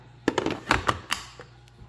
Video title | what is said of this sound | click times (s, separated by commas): Unboxing the Nespresso vertuo plus | how that one snaps on, and you will hear them snap into place when you put them on to know that they are on all the way. | 0.7 s, 0.9 s